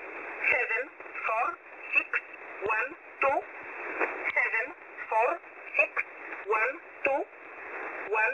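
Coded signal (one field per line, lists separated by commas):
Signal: numbers station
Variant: E11 (Oblique)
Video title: 5409kHz USB Polish Number Station E11 calling 520 (23.06.2024)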